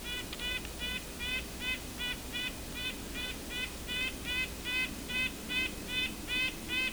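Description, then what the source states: Red-breasted nuthatch giving nasal, tinny calls, short honking notes repeated steadily about two or three times per second. Very nasal call, likened to the white-breasted nuthatch's; bird right in front of the recordist after pishing, during a Christmas Bird Count on Isthmus Bay Road.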